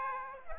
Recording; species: mosquito wingbeat signal from an infrared sensor; Aedes aegypti